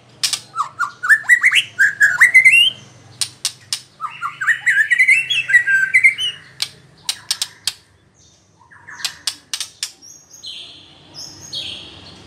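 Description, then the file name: White-rumped shama giving rising runs of rich whistled notes mixed with harsh chatters and sharp clicks, pausing briefly before softer notes return. Female. "murai batu betina"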